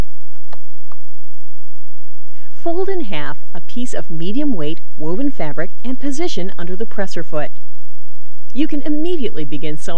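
The integrated dual feed (walking-foot) lever on a PFAFF creative 2140 sewing machine head is pulled down, drawn slightly away and let go, so it springs back to its disengaged position with two short ticks at 0.5 s and 0.9 s. After that, someone talks over a quiet background.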